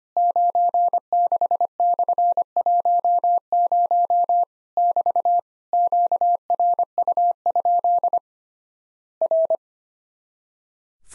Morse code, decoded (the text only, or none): 96/10 <BT> QRU? R